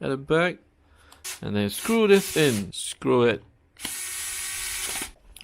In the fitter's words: all right so it snaps back in with ease